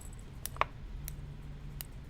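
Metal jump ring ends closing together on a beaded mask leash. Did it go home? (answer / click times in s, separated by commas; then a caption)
yes / 0.5 s, 0.6 s, 1.1 s, 1.8 s. A metal jump ring on a beaded mask leash is closed with pliers, and its ends are worked against each other several times. Sharp little snaps sound at 0.5, 0.6, 1.1 and 1.8 seconds over a low steady hum, the one at 0.6 seconds the loudest. The snapping means both ends of the jump ring are touching, giving a good, tight closure.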